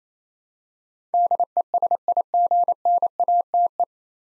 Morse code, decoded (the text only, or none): DESIGNATE